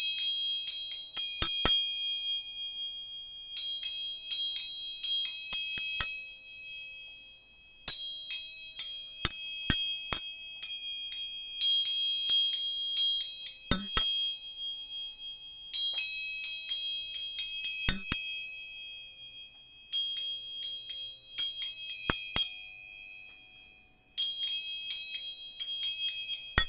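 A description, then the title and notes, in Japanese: Tuning forks are struck again and again, each bright, high ring starting with a sharp tap and fading slowly. The strikes come in quick clusters every few seconds, with brief near-silent gaps between groups, and several pure tones overlap as they decay. 音叉チューニング。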